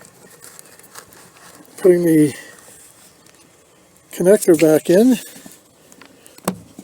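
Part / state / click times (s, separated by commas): wiring harness connector into door lock actuator / seated / 6.5 s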